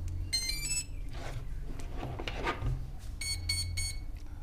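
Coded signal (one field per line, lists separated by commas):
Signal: beep code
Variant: Hobbywing ESC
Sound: a buzzy electronic tone, rustling handling noise, then three short buzzy beeps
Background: handling noise, low hum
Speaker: now with the throttle down we plug in again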